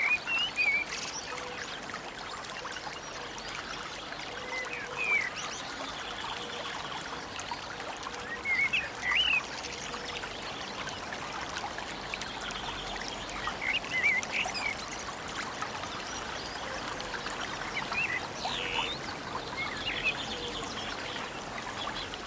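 Peaceful deep-forest ambience: a steady, dense bed of trickling water runs throughout, with birds chirping in short bright bursts around 1, 8–9, 14 and 19 seconds. The backdrop stays even and calm.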